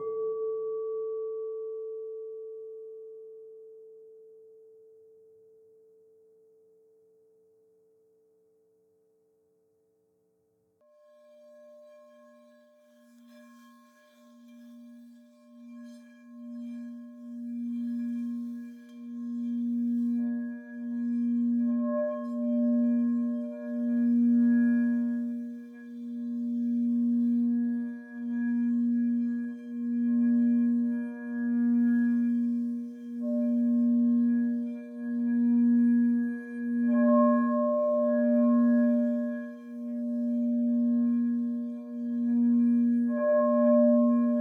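Crystal singing bowls: a struck bowl's clear tone slowly fades to silence over the first ten seconds. Then a lower bowl is sung steadily, swelling louder with a throbbing, wavering pulse, while higher ringing tones gradually join above it.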